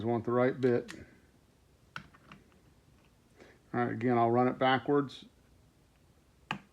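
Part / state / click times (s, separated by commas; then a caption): grip screw into revolver grip frame / seated / 6.5 s. Someone talks while a steel grip screw on a black powder revolver is turned backwards with a screwdriver in the revolver's grip frame, with a few faint ticks around 2.0 to 2.5 s. At 6.5 s a sharp small click is heard as the screw's thread trips over the first thread of the hole and drops in, seating it so it can then be driven forward without cross-threading.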